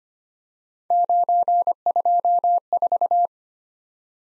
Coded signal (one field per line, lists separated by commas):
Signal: Morse code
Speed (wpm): 25 wpm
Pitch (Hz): 700 Hz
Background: none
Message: 924